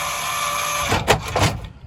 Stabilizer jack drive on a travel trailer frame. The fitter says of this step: once they get to the end you'll hear them click like that and that's pretty much when you let go of the button